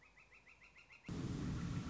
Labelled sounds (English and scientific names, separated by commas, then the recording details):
Northern Flicker (Colaptes auratus)
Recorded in Sonoma County, California